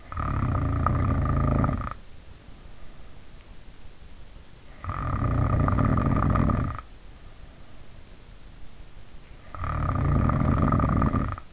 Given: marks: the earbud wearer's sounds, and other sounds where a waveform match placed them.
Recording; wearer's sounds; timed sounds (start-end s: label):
sounds in sleep by an in-ear microphone; snoring breath
0.00-2.11 s: snoring breath
4.56-7.08 s: snoring breath
9.37-11.53 s: snoring breath